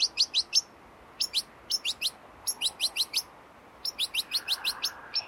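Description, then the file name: European goldfinch twittering in rapid bursts of several high, liquid notes separated by short pauses. "Carduelis carduelis"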